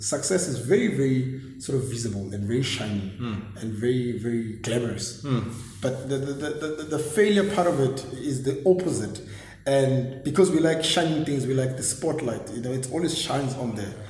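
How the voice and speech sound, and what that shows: Rapid adult male speech with a fivefold repetition of "the" and doubled words, typical of stuttering. The man has stammered since a very young age and deliberately speaks very fast, in 'fast forward mode', finding it easier to stammer that way; he runs over his words every time he speaks and sometimes misses words, and regards it as a disability.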